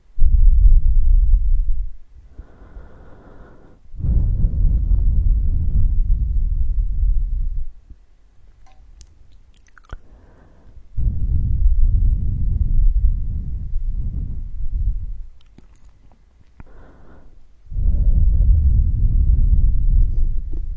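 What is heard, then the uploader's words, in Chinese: Ear massage without any voice, made of long muffled rubbing strokes that are deep and dull, each lasting a few seconds. Four main bursts arrive around 0, 4, 11 and 18 seconds, with quiet gaps between them and a few faint clicks in the pauses. 无人声按摩耳朵。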